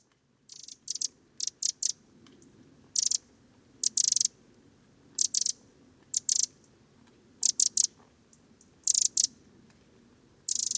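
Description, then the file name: Eurasian wren uttering sharp, high ticks, often doubled or tripled, repeated roughly every second in an irregular series over faint low background noise. "Troglodytes troglodytes"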